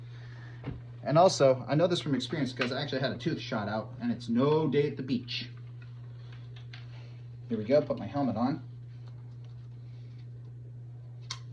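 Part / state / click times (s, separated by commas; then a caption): helmet fastener or attachment on an airsoft helmet / seated / 11.3 s. Someone talks, then puts on an airsoft helmet, and a fastener or attachment on the helmet is pushed home with a sharp single click at 11.3 s. Faint ticks and rustles are heard in the pause before it. The fitting seats.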